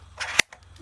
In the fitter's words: If you press it in the correct position, it will automatically snap into place, and you can remove it with one touch and it will be firmly